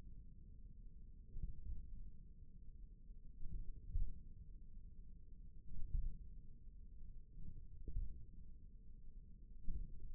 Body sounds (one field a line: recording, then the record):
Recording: forearm muscle sounds (acoustic myography)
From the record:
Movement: tripod grip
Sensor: system 1, eight BSWA MPA416 microphones around the upper forearm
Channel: 1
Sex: male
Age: 41 years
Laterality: right